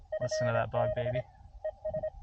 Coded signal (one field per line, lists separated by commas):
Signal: Morse code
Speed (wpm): 24 wpm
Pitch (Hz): 590 Hz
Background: speech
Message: FB ES